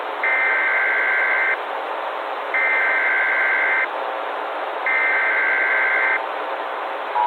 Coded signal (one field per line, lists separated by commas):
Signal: Emergency Alert System (SAME) tones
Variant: header bursts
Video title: EAS Scenario/Analog & Digital Horror - The Trollge